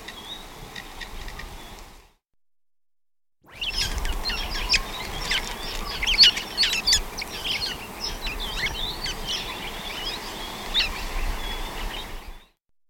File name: red rumped parrot